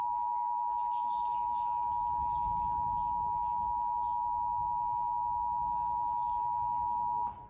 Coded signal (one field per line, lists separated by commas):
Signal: Emergency Alert System (SAME) tones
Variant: 853 and 960 Hz attention tone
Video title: SEVERE THUNDERSTORM WARNING ON TV EMERGENCY ALERT SYSTEM